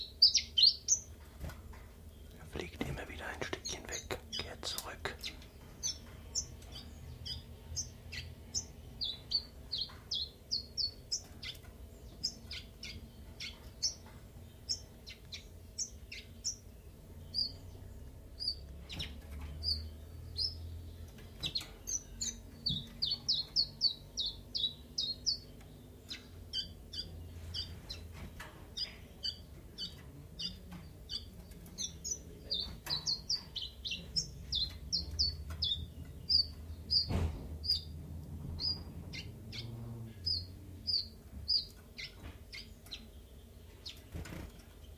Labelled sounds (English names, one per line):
Common Chiffchaff